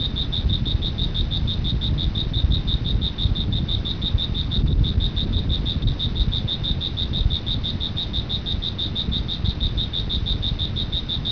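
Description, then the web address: Cricket chirping in an unbroken high pulsed series, partly masked by heavy low-frequency rumble. "特酷声音素材库 动物 昆虫 蟋蟀"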